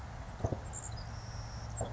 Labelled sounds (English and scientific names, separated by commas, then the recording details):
Savannah Sparrow (Passerculus sandwichensis)
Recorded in Sonoma County, California